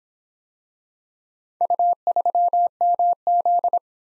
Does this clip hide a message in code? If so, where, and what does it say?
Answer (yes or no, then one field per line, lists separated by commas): yes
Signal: Morse code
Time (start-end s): 1.6-3.8 s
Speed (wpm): 25 wpm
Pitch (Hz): 700 Hz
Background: none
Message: U3MZ